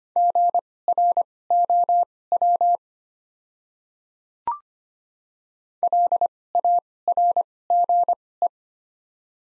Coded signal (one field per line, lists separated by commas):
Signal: Morse code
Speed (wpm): 25 wpm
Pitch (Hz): 700 Hz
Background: none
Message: GROW LARGE